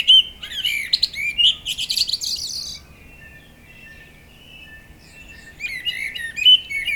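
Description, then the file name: Common blackbird song phrases at the start, whistles followed by busy high twittering, then a quiet gap before another whistled phrase returns near the end. "Turdus merula"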